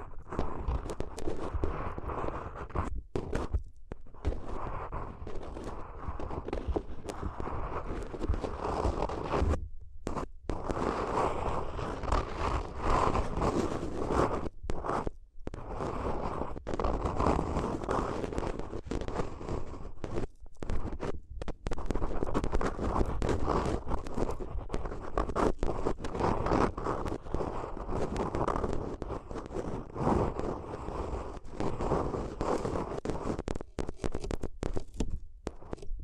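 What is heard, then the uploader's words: Paper is crinkled and rustled in a steady, dense stream of crackling and scraping for the whole clip. The texture is busy and fairly bright, broken only by a few short silent gaps, near 3, 10, 15 and 20 seconds. ASMR If You Had Paper Ears (No Talking).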